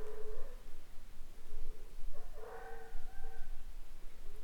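Howler monkey howls, moaning tonal calls with stacked harmonics, a short one at the start and a louder, longer wavering howl near the middle, over steady background hiss.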